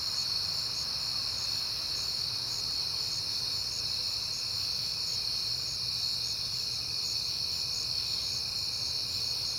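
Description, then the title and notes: Cricket chorus, a constant shrill high trill, unbroken for the whole stretch, with a soft low hum beneath. Crickets outdoors on a peaceful night in September. "Night Time: Crickets and Passing Cars. It is September and I have been hearing the crickets a lot"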